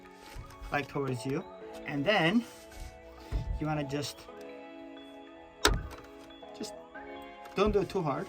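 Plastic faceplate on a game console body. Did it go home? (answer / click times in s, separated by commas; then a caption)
released / 5.7 s. The stock plastic faceplate on a PS5 Slim game console body is pried off, and its clips unlatch with a sharp click at 5.7 s while someone talks over background music. The faceplate comes off cleanly; three clicks means it is released.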